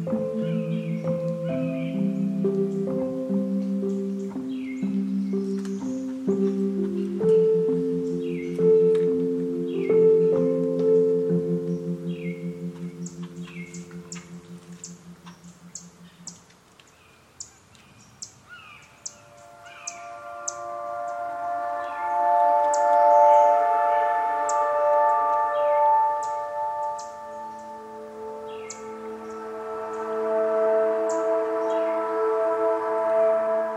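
Lettuce Lakes in the cypress swamp: a bird chirps in short repeated calls throughout over layered, steady humming tones. A low hum holds for the first sixteen seconds and fades, then a brighter sustained chorus of tones swells from about twenty seconds to the end.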